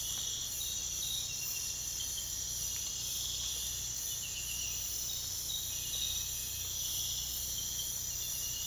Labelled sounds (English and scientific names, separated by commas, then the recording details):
none
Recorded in pastures near Puerto Asís, Putumayo, Colombia, on 22 December 2024 at 04:30
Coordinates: 0.472, -76.329
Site G072